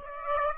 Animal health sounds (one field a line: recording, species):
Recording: mosquito wingbeat signal from an infrared sensor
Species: Aedes aegypti